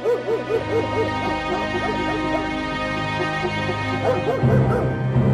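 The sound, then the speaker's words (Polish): A dog barks and yips in a rapid, repeated series of short, high-pitched calls, steady in loudness throughout, with a continuous humming tone running underneath. “Od czasu do czasu słyszeliśmy z lewa szczekanie psa.”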